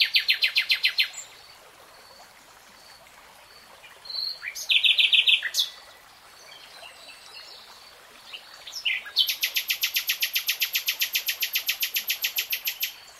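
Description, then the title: Nightingale song: a fast rattling series of notes, a brief phrase, then a long rapid train of repeated notes, with quiet gaps between phrases. "[Tiếng chim hót] REALTIME Nightingale Singing"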